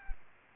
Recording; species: mosquito wingbeat signal from an infrared sensor; Aedes albopictus